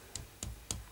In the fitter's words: and it locks in place